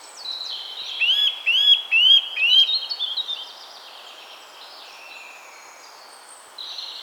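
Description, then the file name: Eurasian nuthatch calls, four clear upslurred whistles repeated about every half second, then fading, with softer twittering in the background. "Sitta europaea"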